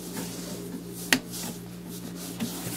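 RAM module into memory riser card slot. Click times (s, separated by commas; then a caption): 1.1 s. A RAM module is turned around and pressed into a slot on the memory riser card of a 2010 Apple Mac Pro 8-core Intel Xeon desktop workstation. Over a steady low hum with light rubbing and handling noise, a single loud, sharp click rings out at 1.1 seconds, followed by a fainter knock near 2.4 seconds. The module seats in the slot.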